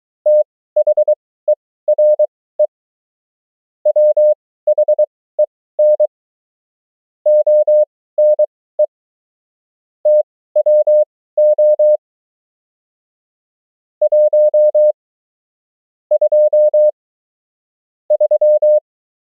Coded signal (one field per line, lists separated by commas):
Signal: Morse code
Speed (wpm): 23 wpm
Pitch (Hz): 600 Hz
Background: none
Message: THERE WHEN ONE TWO 1 2 3